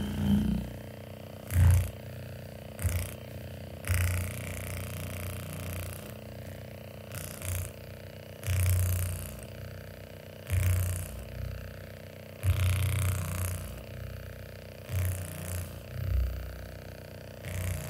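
A full body massage with an electric massager: a steady low motor hum runs throughout under a constant whine. Over it come louder rubbing, thumping strokes roughly every one to two seconds, some short and some drawn out.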